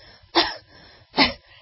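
Two short, light, breathy coughs about a second apart: an adult's comic imitation of how women cough, with a puckered-up mouth.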